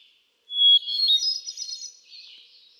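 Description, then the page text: Hermit thrush song: a clear steady whistled opening note, then a quick run of flutey, shimmering phrases rising higher, with soft echo trailing away. Male singing, cycling through a repertoire of about ten different songs; recorded June 13, 2006, at Quabbin Park, Ware, Massachusetts. "Birdsong for the Curious Naturalist. Hermit thrush. Can you hear how he cycles through his repertoire of about ten different songs? June 13, 2006. Quabbin Park, Ware, Massachusetts"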